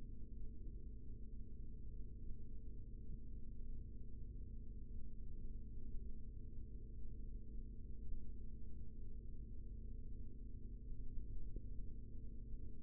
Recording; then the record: forearm muscle sounds (acoustic myography)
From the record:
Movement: rest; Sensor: system 3, bracelet of six PUI Audio POM-2738L microphones around the upper forearm, with dedicated amplification and filtering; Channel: 3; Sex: male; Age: 56 years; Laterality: right